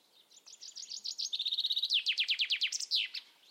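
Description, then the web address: Bird calls: quick high chirps, a steady buzzy trill, then a fast series of sharp down-slurred notes ending in a higher warble. "Deverinetal. Bird Only"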